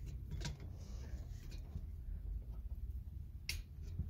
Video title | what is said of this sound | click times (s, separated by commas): Festiva Shift Bushings & Short Shifter | there it is click back into place | 3.5 s